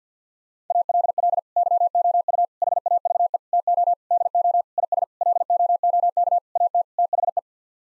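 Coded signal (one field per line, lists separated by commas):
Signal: Morse code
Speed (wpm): 50 wpm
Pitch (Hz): 700 Hz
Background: none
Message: ALL YOU HAVE TO DO IS LOOK AT THE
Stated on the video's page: Morse code practice at 50 wpm, nine-word groups for head-copying.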